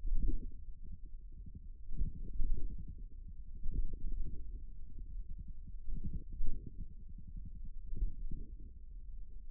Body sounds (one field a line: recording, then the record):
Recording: forearm muscle sounds (acoustic myography)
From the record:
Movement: tripod grip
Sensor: system 1, eight BSWA MPA416 microphones around the upper forearm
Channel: 8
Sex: male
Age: 41 years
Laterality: right